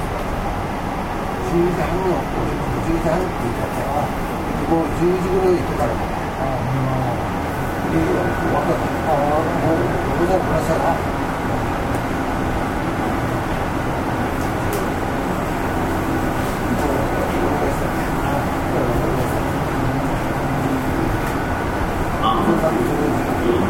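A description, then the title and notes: Running noise inside a Nishitetsu 5000 series train, a steady low rumble and rattle that holds an even level throughout. Faint voices seem to murmur beneath it, and brief clicks and knocks from the car come and go over the constant drone. 西鉄5000系 普通 二日市から薬院まで. 西日本鉄道 5000系電車の走行音です。 大牟田線の普通列車で録音しました。 It is running noise of Nishitetsu railway 5000 series train. I recorded on a local train at Omuta Line.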